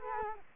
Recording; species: mosquito wingbeat signal from an infrared sensor; Culex quinquefasciatus